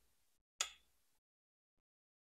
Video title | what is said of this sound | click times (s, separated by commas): Mail call and some new additions to the collection! @hillbillyridgeoutdoors @kirbycreekmo | in this handle that when this comes open you can hear a click | 0.6 s